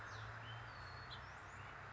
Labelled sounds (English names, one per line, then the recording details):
House Finch
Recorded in Sonoma County, California